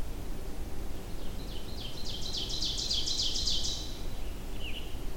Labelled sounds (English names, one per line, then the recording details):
Ovenbird song
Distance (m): 35 m
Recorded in boreal forest in Alberta, Canada, on 25 June 2016 at 08:21
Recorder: SongMeter 3, array SBT-6-76
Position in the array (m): 307 m, 74 m
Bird 1